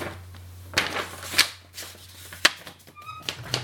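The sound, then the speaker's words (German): A new sheet of paper is grabbed and handled, giving a few crisp, papery rustles and snaps spaced irregularly over a low steady hum, with no talking. “Muss ich nochmal ein neues Blatt schnappen.”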